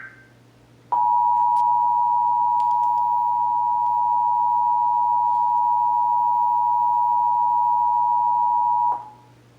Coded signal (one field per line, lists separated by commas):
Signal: Emergency Alert System (SAME) tones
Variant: 853 and 960 Hz attention tone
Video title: (EAS #698-709) June 2024 Texas Required Monthly Test